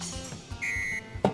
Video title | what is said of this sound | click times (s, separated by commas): รีวิว เครื่องจัดการเศษอาหาร 4 แบบ ใช้แบบไหนเหมาะที่สุด? | 它的锁扣锁住了，然后就关上了。 | 1.2 s